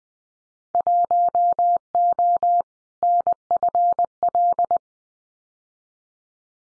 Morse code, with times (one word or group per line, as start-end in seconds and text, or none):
0.7-2.6 1O
3.0-4.8 NFL